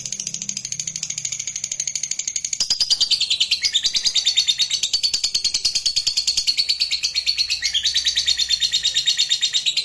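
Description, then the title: Lovebird song: an unbroken stream of fast, shrill twittering notes that shifts slightly in pitch, with a faint low hum early on. "Suara Lovebird"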